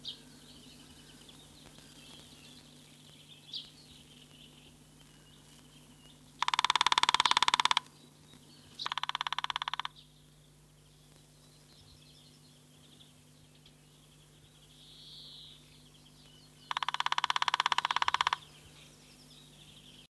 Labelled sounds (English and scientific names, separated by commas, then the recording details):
Middle Spotted Woodpecker (Dendrocopos medius) drumming
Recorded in the wild
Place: Chorin, Schorfheide-Chorin, Brandenburg, DE
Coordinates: 52.9125, 14.0028
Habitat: wood
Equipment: Uran, Reflektor
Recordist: Alscher